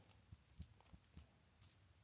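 The LED light module of a Victorinox SwissCard Lite, a credit-card-sized multitool, is pulled all the way out and lifted with a finger until it catches. A few soft, low knocks come first, then a short, faint click at 1.6 s as the small button battery pops out of the module.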